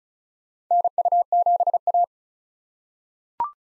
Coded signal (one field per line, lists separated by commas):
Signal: Morse code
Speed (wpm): 36 wpm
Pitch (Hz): 700 Hz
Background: none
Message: NU7A